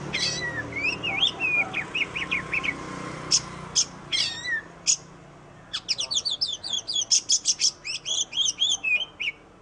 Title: Kacer Poci Gacor Nembak Dan Ngerol Juara Nasional. 7 macam suara kacer setiap 3 menit